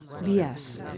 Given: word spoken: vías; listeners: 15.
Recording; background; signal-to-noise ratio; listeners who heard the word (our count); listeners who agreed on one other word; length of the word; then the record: one Spanish word in noise, from a listening test; eight-talker babble; 12.6 dB; 1 of 15; 13 of 15; 0.58 s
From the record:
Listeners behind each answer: 13, 1, 1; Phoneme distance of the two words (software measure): 10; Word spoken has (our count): 2 syllables, 4 phonemes, stress on syllable 1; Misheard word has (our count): 2 syllables, 4 phonemes, stress on syllable 1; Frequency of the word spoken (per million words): 40.65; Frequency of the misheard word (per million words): 492.55